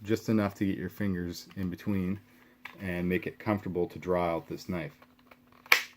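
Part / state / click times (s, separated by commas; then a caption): fixed-blade knife into kydex sheath / seated / 5.7 s. Someone talks, then an ESEE RB3 fixed-blade knife is pushed home into a kydex sheath. A few faint scrapes lead into one sharp, loud click at 5.7 s as the knife seats in the sheath.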